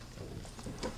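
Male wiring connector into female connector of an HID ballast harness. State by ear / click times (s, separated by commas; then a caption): seated / 0.8 s. A male plastic wiring connector is pushed into the female connector between an HID ballast and the bulb harness, and it snaps together at 0.8 s, leaving the connector seated. A second short burst of handling noise follows at about 1.0 s.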